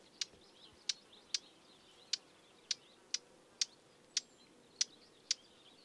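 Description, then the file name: Eurasian blackcap repeating hard clicking 'tak' notes, ten crisp ticks spaced about half a second apart, with faint background chirping. "Sylvia atricapilla"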